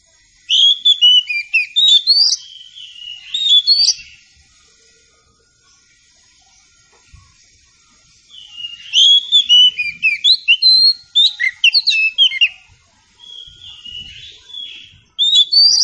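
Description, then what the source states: Oriental magpie-robin giving two long bursts of fast, varied whistles and trills separated by a quiet pause, then starting again at the end. Meant to prompt a bird to sing in reply.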